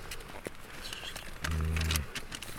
They put a hood over his head so he doesn't sense what's going on around him, and he's just flat out, completely calm. He can even hear the cat snoring. They have about 40 minutes before the tranquilizer wears off.